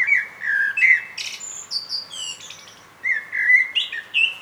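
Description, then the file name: Common blackbird song: melodious fluty warbles followed by thin, high, whistled and squeaky notes, a brief pause, then another fluty phrase. "Turdus merula"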